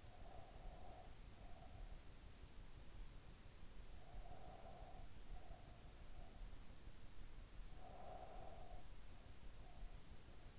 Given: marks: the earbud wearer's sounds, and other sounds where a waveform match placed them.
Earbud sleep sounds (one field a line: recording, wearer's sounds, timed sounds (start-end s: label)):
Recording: sounds in sleep by an in-ear microphone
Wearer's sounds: breath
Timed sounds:
0.00-2.33 s: breath
3.85-6.55 s: breath
7.59-10.59 s: breath